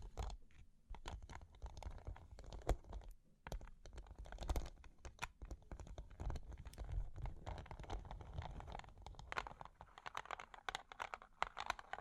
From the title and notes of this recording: Long Claws Tapping and Scratching (No Talking).